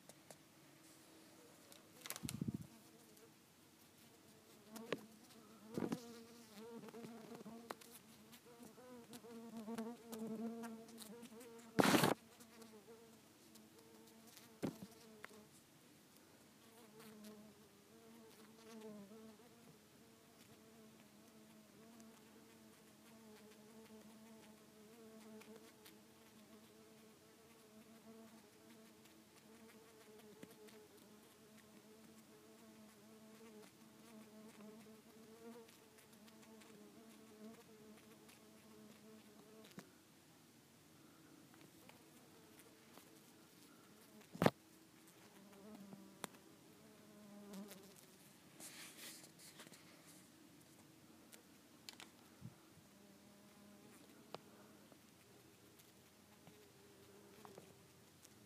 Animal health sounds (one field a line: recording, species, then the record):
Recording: mosquito flight sound by mobile phone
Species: Culiseta incidens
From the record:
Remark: in a plastic bag